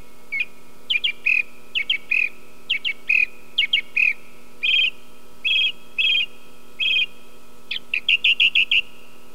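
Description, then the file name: Song thrush song of short whistled phrases, several of them repeated, ending in a rapid run of notes. "grive musicienne"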